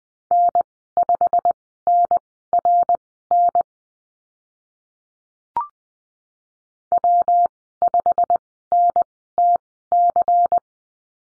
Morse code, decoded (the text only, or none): N5NRN W5NTC